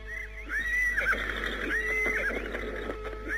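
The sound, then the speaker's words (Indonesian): A horse whinnies in long, wavering high-pitched calls while hooves clop in an uneven rhythm beneath, with no one speaking, as riders lead their horses to a palace gate and mount them. “Anting Wulan bersama dengan keluarganya dan Lastri menuntun kuda mereka hingga ke pintu gerbang istana.”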